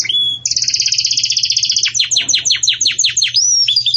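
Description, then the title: Belgian canary song: a fast rattling trill of bright high notes, then a run of repeated downward-sweeping chirps, ending in a rising whistle. Bell-like ('campainha') song of the Belgian canary, for teaching young chicks. "Belíssimo Canto Do Canário Belga Campainha Para Encarte De Filhotes"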